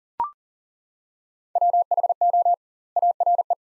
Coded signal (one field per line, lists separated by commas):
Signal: Morse code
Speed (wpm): 40 wpm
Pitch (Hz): 700 Hz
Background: none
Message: WHO ARE